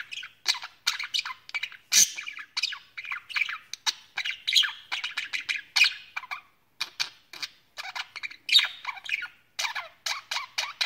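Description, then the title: Budgerigar producing quick, scratchy chirps and squawks in irregular runs, a loud harsh note near the two-second mark and a brief lull later on. "Budgie Sounds"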